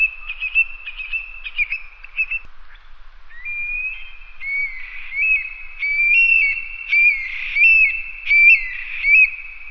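Bird song of clear whistled notes at a steady pitch, broken into short repeated phrases, growing louder in the second half with brighter warbled accents.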